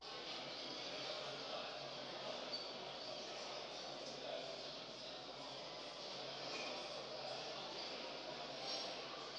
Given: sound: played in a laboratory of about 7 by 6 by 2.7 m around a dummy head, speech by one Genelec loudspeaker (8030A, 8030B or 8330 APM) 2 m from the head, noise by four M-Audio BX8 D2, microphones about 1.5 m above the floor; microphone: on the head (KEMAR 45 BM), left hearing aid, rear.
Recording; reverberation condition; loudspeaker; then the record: cafeteria noise; high; four, about 170 cm from the corners of the room and facing them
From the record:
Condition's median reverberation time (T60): about 1300 ms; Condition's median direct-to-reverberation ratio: about -4.0 dB